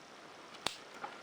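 A cap is pushed back onto a Parker Classic fountain pen with a black epoxy finish, gold-filled trim and a medium nib. It snaps on with one sharp, bright click at 0.7 s, followed by a fainter tick at 1.0 s, against quiet background hiss. The cap is seated with a clean click.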